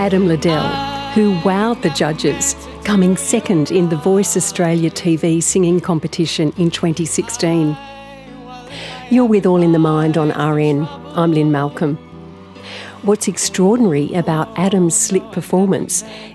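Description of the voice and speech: Fluent, clearly articulated adult female narration by a radio programme host, at an even broadcast pace with a steady mid-range pitch and natural pauses between phrases. Normal speech. A soft music bed plays under parts of the clip.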